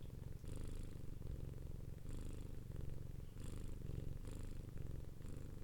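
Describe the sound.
Domestic cat purring steadily, a thick low rumble with several breathy hiss bursts at irregular intervals.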